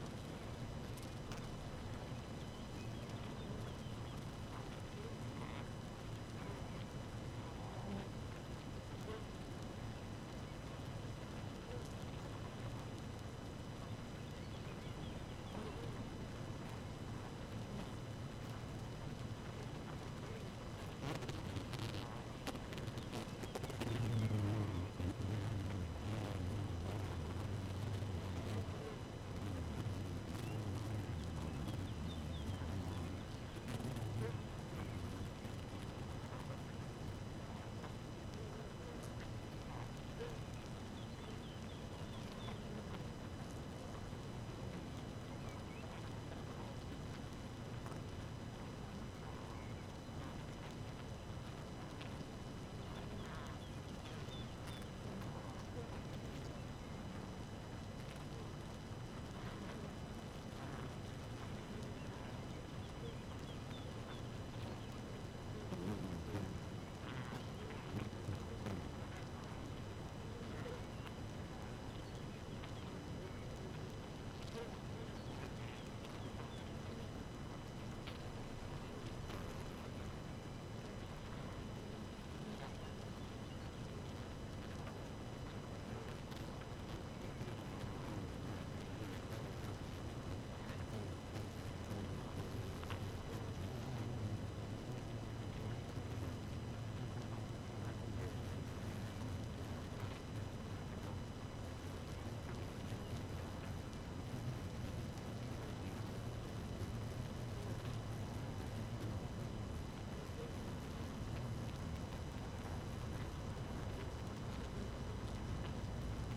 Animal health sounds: honeybee colony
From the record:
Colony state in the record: active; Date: 12 June 2018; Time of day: 4:56

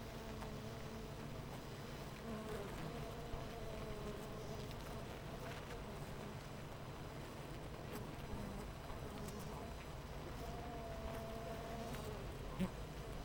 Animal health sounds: honeybee colony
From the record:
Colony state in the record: missing queen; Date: 14 July 2017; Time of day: 8:40

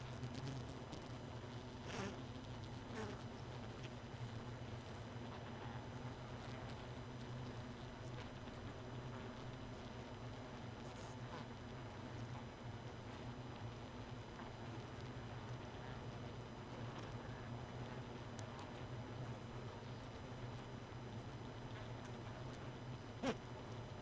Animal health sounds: honeybee colony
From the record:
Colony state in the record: missing queen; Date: 31 May 2018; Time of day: 1:06

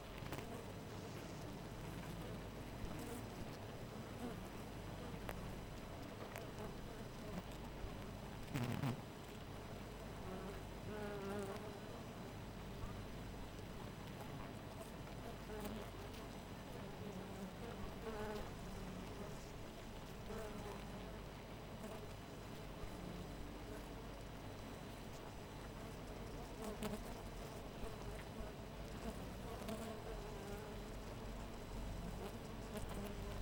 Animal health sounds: honeybee colony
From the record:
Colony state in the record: missing queen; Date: 14 July 2017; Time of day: 4:44

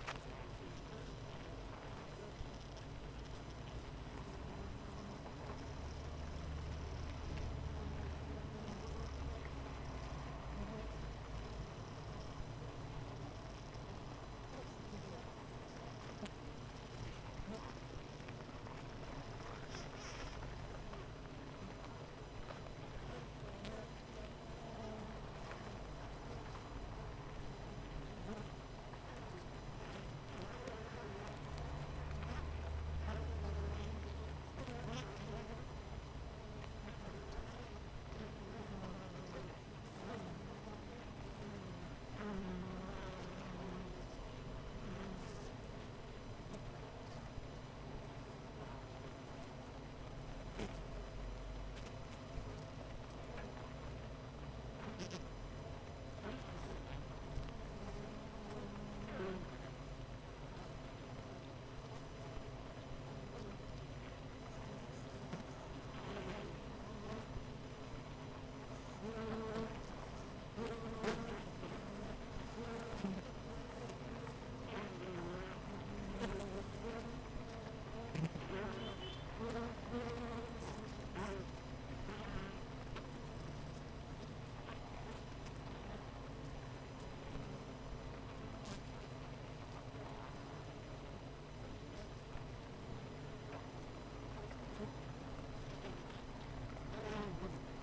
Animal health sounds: honeybee colony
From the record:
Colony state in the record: missing queen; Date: 14 July 2017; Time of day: 7:45

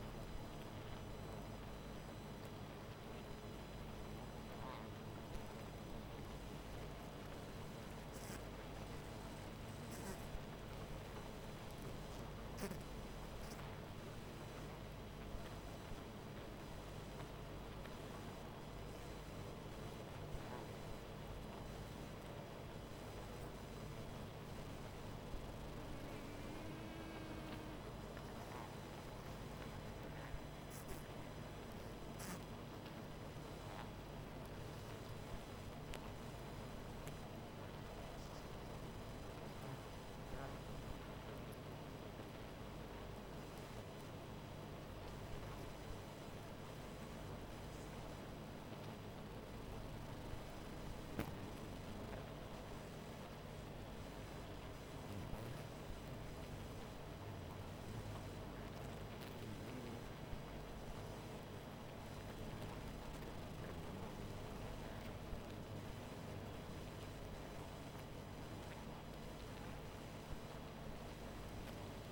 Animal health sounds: honeybee colony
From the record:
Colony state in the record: missing queen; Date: 14 July 2017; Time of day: 19:41

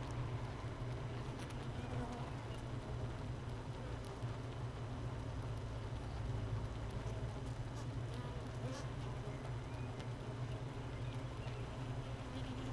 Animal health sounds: honeybee colony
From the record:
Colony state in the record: missing queen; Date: 31 May 2018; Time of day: 13:38

